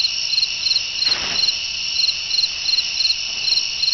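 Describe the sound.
Cricket chirps, rapid high pulsed bursts repeating roughly every third of a second above a steady shrill hum, with a brief soft rustle early on.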